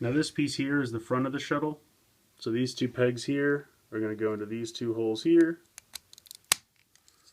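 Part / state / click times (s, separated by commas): plastic toy part pegs into the matching holes on the shuttle body / seated / 6.5 s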